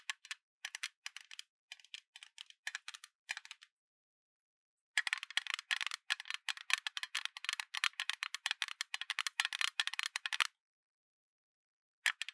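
Random tapping on objects at hand: light, bright clicky taps in sparse bursts, a pause, then a dense rapid flurry, and one final tap.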